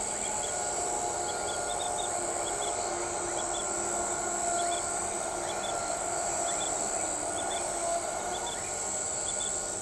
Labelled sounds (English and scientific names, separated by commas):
none